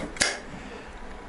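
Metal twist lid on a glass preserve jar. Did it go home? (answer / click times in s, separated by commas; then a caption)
released / 0.2 s. A metal twist lid is turned on a sealed glass jar of canned apricots, and the vacuum seal releases with a sharp click at 0.2 s. Low background noise follows, showing the jar was closed and airtight and has now popped open.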